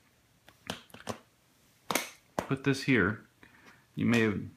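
An iPad Air 2 is set into the groove of an Anker TC930 slim plastic keyboard case while someone talks. Sharp clicks at 1.9 s and 2.4 s mark the tablet seating as a small backing piece pops up behind it. The tablet is confirmed seated.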